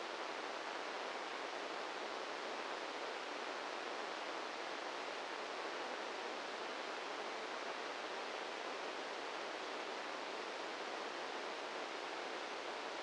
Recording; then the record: brain microelectrode recording played as sound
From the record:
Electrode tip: inside the subthalamic nucleus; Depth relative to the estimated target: -2 mm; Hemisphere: left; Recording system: NeuroSet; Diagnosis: Parkinson's disease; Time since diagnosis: 10 years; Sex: male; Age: 56 years